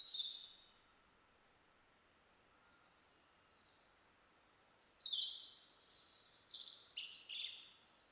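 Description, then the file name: European robin singing: a brief high phrase, a long pause, then a fuller run of varied, very high twittering and trilled notes. "Erithacus rubecula"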